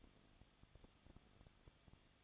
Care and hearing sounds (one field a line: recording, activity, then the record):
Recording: daily activity, microphone in the room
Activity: no activity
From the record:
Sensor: 4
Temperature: 23.0 degrees Celsius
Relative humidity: 34.5%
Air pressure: 1007.2 hPa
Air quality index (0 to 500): 216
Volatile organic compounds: 15 ppm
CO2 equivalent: 2505 ppm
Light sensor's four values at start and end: 2/3/1/1 and 2/3/1/1